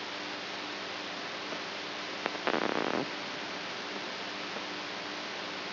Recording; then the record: brain microelectrode recording played as sound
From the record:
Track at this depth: outside the subthalamic nucleus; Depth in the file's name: 5.71 mm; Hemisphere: right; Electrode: 3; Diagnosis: Parkinson's disease